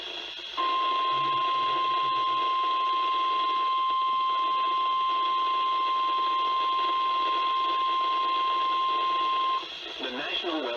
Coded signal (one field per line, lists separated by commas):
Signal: Emergency Alert System (SAME) tones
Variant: 1050 Hz attention tone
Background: speech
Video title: EAS #1986-1997 - Snow Squall Warning Compilation on KWO35 WXL39 and KIH28 1-14-2024